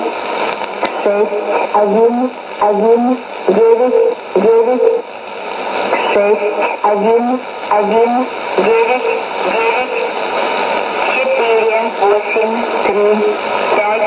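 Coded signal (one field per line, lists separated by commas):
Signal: numbers station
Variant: S06s, Russian language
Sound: woman's voice reading short evenly spaced words through hiss and faint steady tones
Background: radio static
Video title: 19 05 2017 Numbers station S06s Russian Lady in Russian to Eu 0944 on 9655 unknown tx site in CUSB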